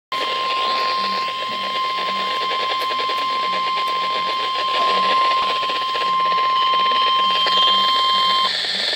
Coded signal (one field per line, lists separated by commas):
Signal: Emergency Alert System (SAME) tones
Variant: 1050 Hz attention tone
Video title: Tornado Warning - EAS #186